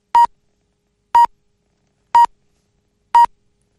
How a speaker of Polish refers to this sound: Spokojnie, spokojnie, sygnał czasu ćwiczebny. 5:30. No nie wiem, czy uspokoiłem tych, którzy myśleli, że to 5, ale być może tych, którzy myśleli, że to 6. 5:30, uff.